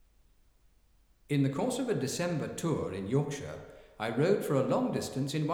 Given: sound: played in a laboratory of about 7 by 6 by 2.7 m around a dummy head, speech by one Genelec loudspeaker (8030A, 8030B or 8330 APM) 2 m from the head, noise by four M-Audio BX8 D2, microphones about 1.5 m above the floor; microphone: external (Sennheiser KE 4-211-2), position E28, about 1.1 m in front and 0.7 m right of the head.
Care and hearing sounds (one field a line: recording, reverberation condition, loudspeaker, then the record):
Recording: male speech in English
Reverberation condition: high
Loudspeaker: 30 degrees to the right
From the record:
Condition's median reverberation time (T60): about 1300 ms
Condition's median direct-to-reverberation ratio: about -4.0 dB